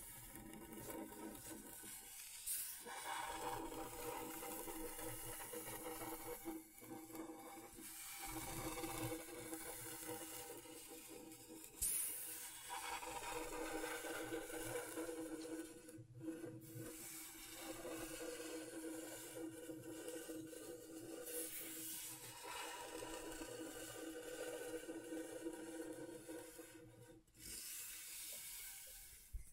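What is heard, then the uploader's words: Scratchboard being scraped in a steady, dense, hissing rasp that fills the whole 30 seconds, bright and gritty up high. The strokes run on with brief pauses near 8, 16, 21 and 27 seconds, and sharper scratches stand out around 2 and 12 seconds. ASMR Brain Tingling Scratchboard (No Talking).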